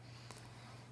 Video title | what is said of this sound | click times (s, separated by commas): Canon 5D Mk II - Mirror Fix | i did hear a pop in place there so it wasn't quite seated right so | 0.3 s